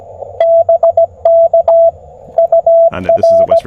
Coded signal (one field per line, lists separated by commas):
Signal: Morse code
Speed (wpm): 16 wpm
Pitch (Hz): 690 Hz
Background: speech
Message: BK UR